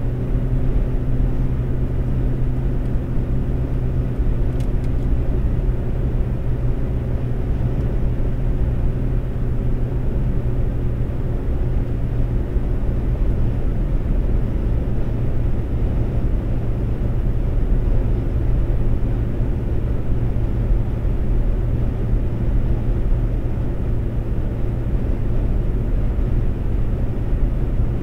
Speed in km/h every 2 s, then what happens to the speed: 126, 127, 127, 127, 127, 127, 127, 127, 127, 127, 127, 127, 127, 127.
0-28 steady at about 127.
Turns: none.